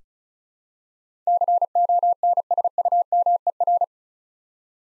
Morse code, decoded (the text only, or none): CONSUMER